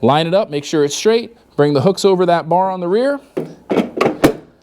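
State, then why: Seated. On a Golden Technologies Buzzaround LT 4-wheel mobility scooter, the front frame hooks are lined up straight and brought over the rear frame bar while someone talks. Short knocks follow near the end, and the hooks click and seat onto the bar at 4.2 s.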